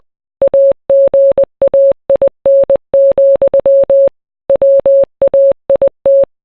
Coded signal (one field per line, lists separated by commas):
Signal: Morse code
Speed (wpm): 20 wpm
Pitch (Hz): 550 Hz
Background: none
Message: AGAIN, WAIT